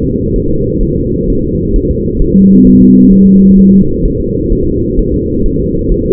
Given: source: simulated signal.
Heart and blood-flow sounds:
fetal heart sounds
0.04 s: S2
0.36 s: S1
0.50 s: S2
0.83 s: S1
0.98 s: S2
1.30 s: S1
1.44 s: S2
1.76 s: S1
1.91 s: S2
2.22 s: S1
2.36 s: S2
2.67 s: S1
2.81 s: S2
3.12 s: S1
3.27 s: S2
3.59 s: S1
3.73 s: S2
4.05 s: S1
4.20 s: S2
4.52 s: S1
4.67 s: S2
4.99 s: S1
5.14 s: S2
5.46 s: S1
5.60 s: S2
5.91 s: S1
6.06 s: S2
From the record:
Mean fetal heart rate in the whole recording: 130 bpm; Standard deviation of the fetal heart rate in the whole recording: 4 bpm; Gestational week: 38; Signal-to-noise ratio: -15.3 dB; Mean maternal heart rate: 72 bpm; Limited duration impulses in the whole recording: present

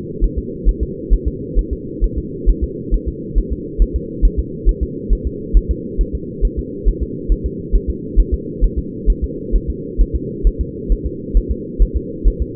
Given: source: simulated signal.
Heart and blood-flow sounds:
fetal heart sounds
0.24 s: S1
0.38 s: S2
0.69 s: S1
0.83 s: S2
1.13 s: S1
1.28 s: S2
1.59 s: S1
1.73 s: S2
2.04 s: S1
2.18 s: S2
2.50 s: S1
2.64 s: S2
2.94 s: S1
3.08 s: S2
3.38 s: S1
3.53 s: S2
3.82 s: S1
3.96 s: S2
4.25 s: S1
4.39 s: S2
4.69 s: S1
4.83 s: S2
5.13 s: S1
5.27 s: S2
5.57 s: S1
5.71 s: S2
6.01 s: S1
6.15 s: S2
6.45 s: S1
6.59 s: S2
6.88 s: S1
7.03 s: S2
7.32 s: S1
7.46 s: S2
7.75 s: S1
7.90 s: S2
8.19 s: S1
8.34 s: S2
8.64 s: S1
8.78 s: S2
9.10 s: S1
9.24 s: S2
9.56 s: S1
9.70 s: S2
10.01 s: S1
10.16 s: S2
10.47 s: S1
10.61 s: S2
10.92 s: S1
11.06 s: S2
11.37 s: S1
11.51 s: S2
11.82 s: S1
11.97 s: S2
12.28 s: S1
12.42 s: S2
From the record:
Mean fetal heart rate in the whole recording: 135 bpm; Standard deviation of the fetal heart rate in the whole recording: 3 bpm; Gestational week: 36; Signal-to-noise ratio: -4.1 dB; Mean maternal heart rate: no maternal heart sound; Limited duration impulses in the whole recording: absent

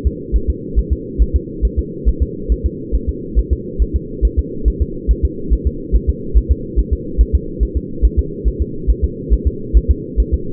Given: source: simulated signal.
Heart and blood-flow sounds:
fetal heart sounds
0.07 s: S2
0.36 s: S1
0.50 s: S2
0.79 s: S1
0.93 s: S2
1.22 s: S1
1.36 s: S2
1.65 s: S1
1.79 s: S2
2.08 s: S1
2.22 s: S2
2.52 s: S1
2.66 s: S2
2.95 s: S1
3.09 s: S2
3.39 s: S1
3.53 s: S2
3.82 s: S1
3.96 s: S2
4.25 s: S1
4.39 s: S2
4.68 s: S1
4.82 s: S2
5.11 s: S1
5.25 s: S2
5.53 s: S1
5.67 s: S2
5.95 s: S1
6.09 s: S2
6.38 s: S1
6.51 s: S2
6.79 s: S1
6.93 s: S2
7.21 s: S1
7.35 s: S2
7.63 s: S1
7.77 s: S2
8.05 s: S1
8.19 s: S2
8.48 s: S1
8.62 s: S2
8.90 s: S1
9.04 s: S2
9.33 s: S1
9.47 s: S2
9.77 s: S1
9.91 s: S2
10.20 s: S1
10.34 s: S2
From the record:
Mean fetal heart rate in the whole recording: 140 bpm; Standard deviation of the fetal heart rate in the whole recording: 2 bpm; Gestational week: 34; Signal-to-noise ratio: -4.3 dB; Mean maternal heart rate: 72 bpm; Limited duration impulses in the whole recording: absent

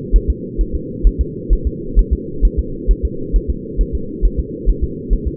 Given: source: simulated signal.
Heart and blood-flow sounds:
fetal heart sounds
0.16 s: S1
0.30 s: S2
0.61 s: S1
0.75 s: S2
1.07 s: S1
1.21 s: S2
1.53 s: S1
1.67 s: S2
1.99 s: S1
2.13 s: S2
2.45 s: S1
2.59 s: S2
2.91 s: S1
3.05 s: S2
3.36 s: S1
3.50 s: S2
3.81 s: S1
3.95 s: S2
4.25 s: S1
4.39 s: S2
4.69 s: S1
4.84 s: S2
5.13 s: S1
5.27 s: S2
From the record:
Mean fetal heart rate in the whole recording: 135 bpm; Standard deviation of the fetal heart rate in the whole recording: 3 bpm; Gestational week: 36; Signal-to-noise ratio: -4.3 dB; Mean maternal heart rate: 72 bpm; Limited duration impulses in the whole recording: present

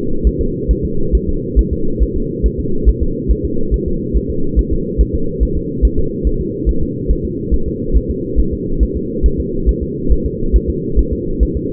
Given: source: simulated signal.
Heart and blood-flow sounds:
fetal heart sounds
0.27 s: S1
0.41 s: S2
0.71 s: S1
0.85 s: S2
1.15 s: S1
1.29 s: S2
1.59 s: S1
1.73 s: S2
2.03 s: S1
2.16 s: S2
2.46 s: S1
2.60 s: S2
2.89 s: S1
3.03 s: S2
3.31 s: S1
3.45 s: S2
3.74 s: S1
3.88 s: S2
4.17 s: S1
4.30 s: S2
4.59 s: S1
4.73 s: S2
5.01 s: S1
5.15 s: S2
5.43 s: S1
5.57 s: S2
5.85 s: S1
5.99 s: S2
6.27 s: S1
6.41 s: S2
6.69 s: S1
6.83 s: S2
7.11 s: S1
7.25 s: S2
7.54 s: S1
7.68 s: S2
7.97 s: S1
8.10 s: S2
8.40 s: S1
8.53 s: S2
8.83 s: S1
8.97 s: S2
9.26 s: S1
9.40 s: S2
9.69 s: S1
9.83 s: S2
10.12 s: S1
10.26 s: S2
10.56 s: S1
10.70 s: S2
10.99 s: S1
11.13 s: S2
11.43 s: S1
11.57 s: S2
From the record:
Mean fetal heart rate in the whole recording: 140 bpm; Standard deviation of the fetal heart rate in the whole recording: 2 bpm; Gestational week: 34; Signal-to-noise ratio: -8.1 dB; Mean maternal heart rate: 72 bpm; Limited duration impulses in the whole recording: absent

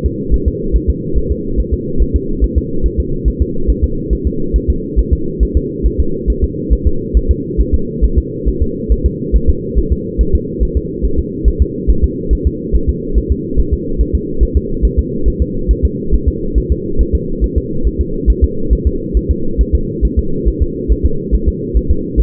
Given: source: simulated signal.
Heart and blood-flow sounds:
fetal heart sounds
0.06 s: S2
0.34 s: S1
0.48 s: S2
0.76 s: S1
0.90 s: S2
1.18 s: S1
1.31 s: S2
1.60 s: S1
1.74 s: S2
2.02 s: S1
2.16 s: S2
2.44 s: S1
2.58 s: S2
2.86 s: S1
3.00 s: S2
3.28 s: S1
3.42 s: S2
3.70 s: S1
3.84 s: S2
4.13 s: S1
4.27 s: S2
4.56 s: S1
4.70 s: S2
4.99 s: S1
5.13 s: S2
5.43 s: S1
5.57 s: S2
5.86 s: S1
6.00 s: S2
6.30 s: S1
6.44 s: S2
6.73 s: S1
6.87 s: S2
7.17 s: S1
7.31 s: S2
7.60 s: S1
7.74 s: S2
8.04 s: S1
8.18 s: S2
8.48 s: S1
8.62 s: S2
8.92 s: S1
9.06 s: S2
9.36 s: S1
9.49 s: S2
9.78 s: S1
9.92 s: S2
10.21 s: S1
10.35 s: S2
10.63 s: S1
10.77 s: S2
11.05 s: S1
11.19 s: S2
11.48 s: S1
11.62 s: S2
11.90 s: S1
12.04 s: S2
12.33 s: S1
12.47 s: S2
12.75 s: S1
12.89 s: S2
13.18 s: S1
13.32 s: S2
13.59 s: S1
13.73 s: S2
14.01 s: S1
14.15 s: S2
14.43 s: S1
14.57 s: S2
14.85 s: S1
14.99 s: S2
15.28 s: S1
15.42 s: S2
15.71 s: S1
15.85 s: S2
16.14 s: S1
16.28 s: S2
16.58 s: S1
16.72 s: S2
17.01 s: S1
17.15 s: S2
17.44 s: S1
17.58 s: S2
17.87 s: S1
18.01 s: S2
18.30 s: S1
18.44 s: S2
18.73 s: S1
18.87 s: S2
19.17 s: S1
19.31 s: S2
19.61 s: S1
19.75 s: S2
20.05 s: S1
20.19 s: S2
20.48 s: S1
20.62 s: S2
20.92 s: S1
21.06 s: S2
21.34 s: S1
21.48 s: S2
21.77 s: S1
21.91 s: S2
22.20 s: S1
From the record:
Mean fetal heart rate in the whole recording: 140 bpm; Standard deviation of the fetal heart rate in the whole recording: 2 bpm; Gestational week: 34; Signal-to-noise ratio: -8.1 dB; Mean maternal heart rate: 72 bpm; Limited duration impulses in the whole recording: absent

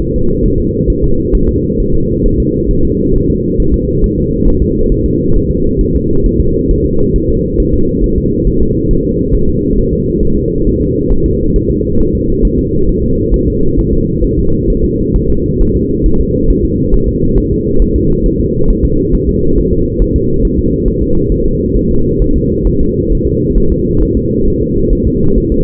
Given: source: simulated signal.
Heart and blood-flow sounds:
fetal heart sounds
0.02 s: S1
0.16 s: S2
0.46 s: S1
0.60 s: S2
0.90 s: S1
1.04 s: S2
1.35 s: S1
1.49 s: S2
1.80 s: S1
1.95 s: S2
2.26 s: S1
2.40 s: S2
2.71 s: S1
2.85 s: S2
3.16 s: S1
3.30 s: S2
3.60 s: S1
3.74 s: S2
4.04 s: S1
4.18 s: S2
4.48 s: S1
4.62 s: S2
4.92 s: S1
5.06 s: S2
5.36 s: S1
5.51 s: S2
5.81 s: S1
5.95 s: S2
6.26 s: S1
6.41 s: S2
6.71 s: S1
6.86 s: S2
7.16 s: S1
7.30 s: S2
7.60 s: S1
7.74 s: S2
8.04 s: S1
8.18 s: S2
8.47 s: S1
8.62 s: S2
8.91 s: S1
9.05 s: S2
9.34 s: S1
9.49 s: S2
9.78 s: S1
9.93 s: S2
10.23 s: S1
10.37 s: S2
10.67 s: S1
10.81 s: S2
11.12 s: S1
11.26 s: S2
11.56 s: S1
11.71 s: S2
12.01 s: S1
12.15 s: S2
12.45 s: S1
12.59 s: S2
12.89 s: S1
13.03 s: S2
13.34 s: S1
13.48 s: S2
13.79 s: S1
13.93 s: S2
14.24 s: S1
14.39 s: S2
14.70 s: S1
14.84 s: S2
15.16 s: S1
15.30 s: S2
15.61 s: S1
15.76 s: S2
16.06 s: S1
16.20 s: S2
16.50 s: S1
16.65 s: S2
16.94 s: S1
17.08 s: S2
17.38 s: S1
17.52 s: S2
17.82 s: S1
17.96 s: S2
18.26 s: S1
18.40 s: S2
18.70 s: S1
18.85 s: S2
19.15 s: S1
19.29 s: S2
19.58 s: S1
19.73 s: S2
20.02 s: S1
20.16 s: S2
20.45 s: S1
20.59 s: S2
20.88 s: S1
21.03 s: S2
21.32 s: S1
21.46 s: S2
21.77 s: S1
21.91 s: S2
22.22 s: S1
22.36 s: S2
22.67 s: S1
22.81 s: S2
23.12 s: S1
23.27 s: S2
23.58 s: S1
23.72 s: S2
24.03 s: S1
24.17 s: S2
24.48 s: S1
24.62 s: S2
24.93 s: S1
25.07 s: S2
25.38 s: S1
25.52 s: S2
From the record:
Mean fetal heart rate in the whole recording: 135 bpm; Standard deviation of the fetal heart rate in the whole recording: 3 bpm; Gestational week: 36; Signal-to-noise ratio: -16.4 dB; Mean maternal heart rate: 72 bpm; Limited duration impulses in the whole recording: present

